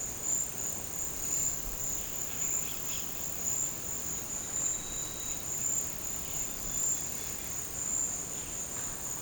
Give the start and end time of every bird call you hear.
[2.55, 3.09] bird call

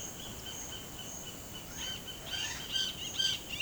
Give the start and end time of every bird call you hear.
[0.00, 3.62] bird call

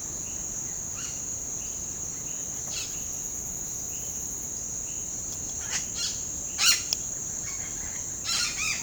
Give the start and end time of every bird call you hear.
[0.78, 1.20] bird call
[2.69, 3.08] bird call
[5.61, 6.24] bird call
[6.57, 6.82] bird call
[7.36, 8.83] bird call

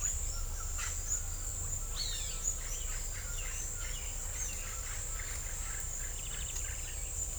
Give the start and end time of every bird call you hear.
[1.74, 7.10] bird call

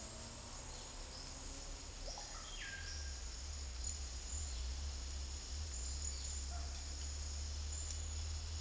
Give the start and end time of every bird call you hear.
[1.91, 3.16] bird call

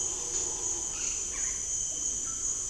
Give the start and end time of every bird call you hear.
[0.84, 1.61] bird call
[1.88, 2.48] bird call

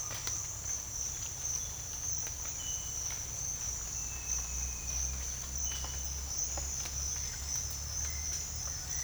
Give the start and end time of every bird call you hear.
[3.89, 5.24] bird call

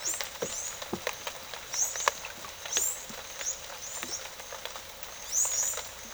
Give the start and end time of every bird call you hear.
[0.00, 6.04] bird call

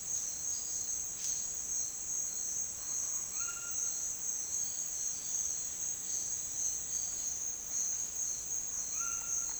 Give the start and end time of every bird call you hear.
[3.32, 3.92] bird call
[8.87, 9.51] bird call

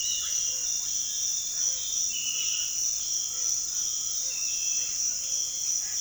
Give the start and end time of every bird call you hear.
[0.00, 2.85] bird call

